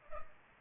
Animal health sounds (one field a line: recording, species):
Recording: mosquito wingbeat signal from an infrared sensor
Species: Culex pipiens